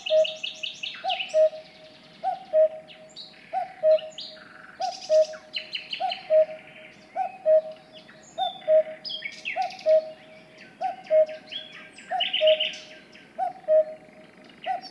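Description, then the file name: Cuckoo calling cu-coo over and over at an even pace, about one phrase each 1.2 seconds, amid busy birdsong. "minutes of cuckoos"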